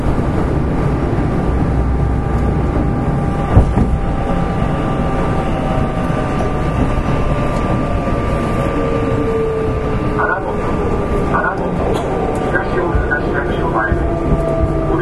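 A Kintetsu 7000 series train runs with a steady low rumble and a constant motor whine, a sharp knock near four seconds, and brief squeals later.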